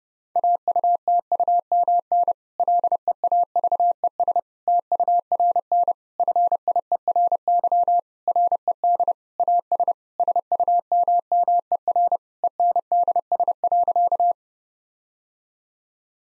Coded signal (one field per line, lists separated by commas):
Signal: Morse code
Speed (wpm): 30 wpm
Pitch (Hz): 700 Hz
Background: none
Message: AUTUMN LEAVES TURN FIERY RED AS SUMMER ENDS.